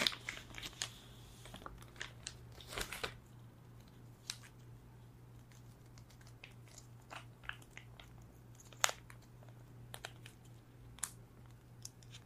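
Cats crunching food, with a steady low hum underneath and sharp, irregular crackles and clicks, denser in the first three seconds and scattered afterward.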